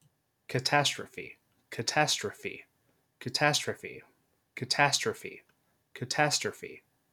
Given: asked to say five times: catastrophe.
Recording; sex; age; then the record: repeated word; male; 20 to 29 years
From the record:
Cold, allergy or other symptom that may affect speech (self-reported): no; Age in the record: 22 years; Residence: Missouri, United States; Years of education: 12